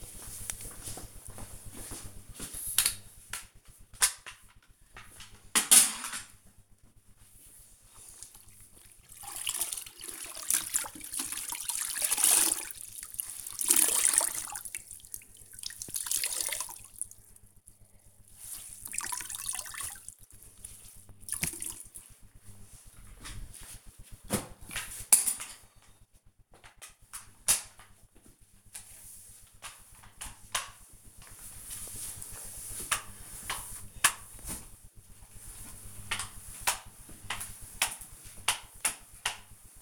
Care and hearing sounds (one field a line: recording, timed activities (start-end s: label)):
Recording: household activities, microphone on the right wrist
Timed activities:
3.82-39.82 s: floor cleaning